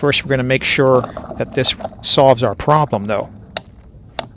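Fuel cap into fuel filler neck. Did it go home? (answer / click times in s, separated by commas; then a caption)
yes / 3.6 s, 4.2 s. A new plastic tethered fuel cap for a 2012–2022 GM car (Chevrolet Cruze, Sonic, Spark, Trax) is screwed into the fuel filler neck to check that it fixes the problem, while someone talks. Its ratchet gives two sharp clicks at 3.6 s and 4.2 s as it reaches the set tightness, confirming the click that was wanted.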